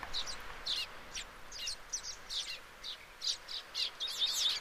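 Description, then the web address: Baya weaver chattering: short, high, buzzy chips in quick irregular bursts, rising to a denser chatter near the end. "Baya weaver. صدای-پرنده-جولای-بایا"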